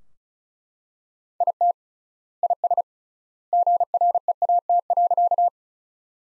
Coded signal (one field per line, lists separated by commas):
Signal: Morse code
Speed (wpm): 34 wpm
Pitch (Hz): 700 Hz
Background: none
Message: IT IS GREAT.